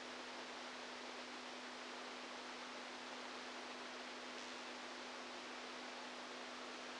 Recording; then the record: brain microelectrode recording played as sound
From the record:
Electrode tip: outside the subthalamic nucleus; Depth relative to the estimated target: -8 mm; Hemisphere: right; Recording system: NeuroSet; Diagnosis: Parkinson's disease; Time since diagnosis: 10 years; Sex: male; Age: 65 years